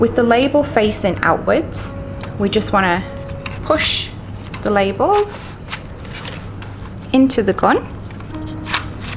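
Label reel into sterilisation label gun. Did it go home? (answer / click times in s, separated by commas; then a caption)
yes / 8.7 s. Someone talks while pushing a reel of labels, label facing outwards, into a handheld GKE patient-tracing sterilisation labelling gun. A sharp, loud click at 8.7 s marks the reel seating in place in the gun.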